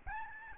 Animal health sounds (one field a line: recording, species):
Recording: mosquito wingbeat signal from an infrared sensor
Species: Aedes albopictus